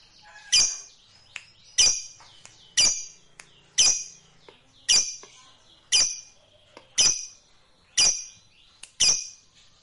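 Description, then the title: Lovebird calls: loud harsh high chirps repeated about once a second, with faint softer squeaks between them. Fighter lovebird. "Suara Lovebird FIGHTER NGEKEK PANJANG"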